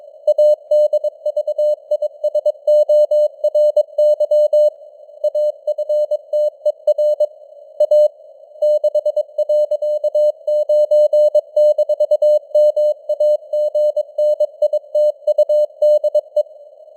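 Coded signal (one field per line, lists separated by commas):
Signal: Morse code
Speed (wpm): 22 wpm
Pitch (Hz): 600 Hz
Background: none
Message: ADVISORY AFTER A 6.9-MAGNITUDE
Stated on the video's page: Morse news headlines at 22 wpm with simulated radio noise and varying signal strength (QSB).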